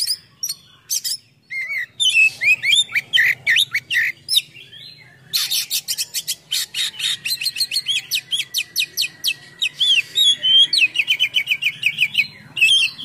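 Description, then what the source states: Oriental magpie-robin song with whistled phrases, then a long fast sequence of dry rattling and buzzy notes, ending in a quick run of whistled notes. Full gacor singing with a rich full isian of imitated songs.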